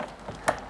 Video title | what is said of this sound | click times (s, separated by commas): Audi TT Mk1 - How to replace the fuel lines on an Audi TT Mk1 | you hear it snap shut onto that. | 0.5 s